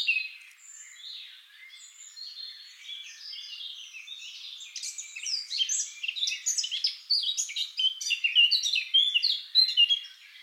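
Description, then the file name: Eurasian blackcap song: quiet, rambling twitters building over several seconds into a loud, fast run of clear whistles and scratchy notes. "Sylvia atricapilla"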